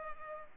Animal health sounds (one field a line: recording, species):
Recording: mosquito wingbeat signal from an infrared sensor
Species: Culex pipiens